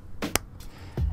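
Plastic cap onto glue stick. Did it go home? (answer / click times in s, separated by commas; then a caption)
yes / 0.4 s. A plastic cap is pushed back onto a glue stick after a paper-cutting lesson, and it clicks shut at 0.4 s. A softer broadband rustle comes just before, at 0.2 s, followed by a faint low thump near 1.0 s. The cap is seated.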